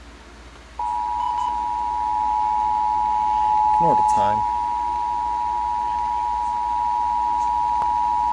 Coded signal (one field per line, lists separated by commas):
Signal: Emergency Alert System (SAME) tones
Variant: 853 and 960 Hz attention tone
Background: speech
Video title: EAS Alerts from July 4-6, 2022 (EAS 982-989)